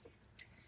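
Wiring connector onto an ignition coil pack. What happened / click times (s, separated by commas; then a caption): The connector clicked home / 0.4 s. A plastic wiring connector is pushed down onto the plastic housing of a new ignition coil pack on a 2010 GMC Yukon, replaced for an engine misfire. A single sharp click is heard at 0.4 s as the connector seats.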